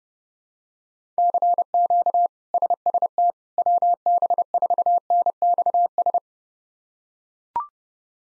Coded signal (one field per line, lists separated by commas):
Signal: Morse code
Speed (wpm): 30 wpm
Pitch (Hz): 700 Hz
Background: none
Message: CQ SST WB4NXS